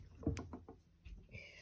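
A coffee grinder burr is pressed into a new plastic Baratza burr holder. A few soft knocks and handling noises surround a sharp click at 0.4 s, followed by quieter rustling. The burr is seated in place.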